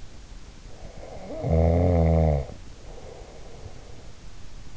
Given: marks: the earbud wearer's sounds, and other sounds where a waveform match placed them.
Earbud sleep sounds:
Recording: sounds in sleep by an in-ear microphone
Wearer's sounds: snoring breath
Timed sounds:
0.83-4.11 s: snoring breath

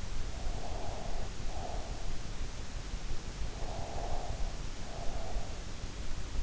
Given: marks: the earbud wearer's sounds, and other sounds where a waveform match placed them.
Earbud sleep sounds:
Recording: sounds in sleep by an in-ear microphone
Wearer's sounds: breath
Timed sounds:
0.34-2.10 s: breath
3.41-5.56 s: breath

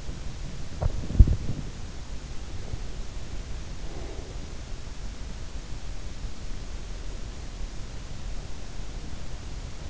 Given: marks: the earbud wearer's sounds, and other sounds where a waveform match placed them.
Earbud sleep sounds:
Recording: sounds in sleep by an in-ear microphone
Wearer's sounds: body movement, breath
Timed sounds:
0.00-1.77 s: body movement
3.77-4.58 s: breath

